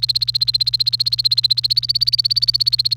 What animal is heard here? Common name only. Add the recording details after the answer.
Domestic Canary. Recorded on 28 April 2018 at 12:56. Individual llb3